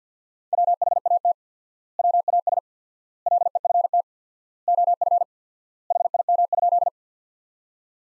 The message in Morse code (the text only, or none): WHAT WAS LEFT OF HIM?